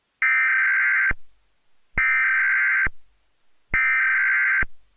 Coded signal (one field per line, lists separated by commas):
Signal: Emergency Alert System (SAME) tones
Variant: header bursts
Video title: The National EAS Test Hijacking of 2011